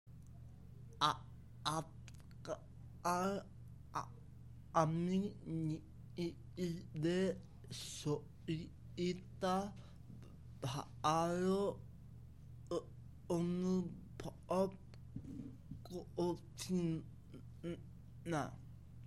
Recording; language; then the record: elicited speech; Bengali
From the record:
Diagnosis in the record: Broca's or global aphasia after a stroke